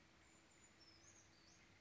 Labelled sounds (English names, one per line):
Brown Creeper